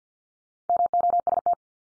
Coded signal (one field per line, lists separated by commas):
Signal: Morse code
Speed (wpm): 48 wpm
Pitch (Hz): 700 Hz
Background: none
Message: MOST